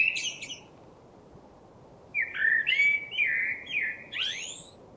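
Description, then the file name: Common blackbird song: a brief high twitter at the start, a pause, then a run of low fluty warbled notes closing with a rising squeaky flourish. "Turdus merula"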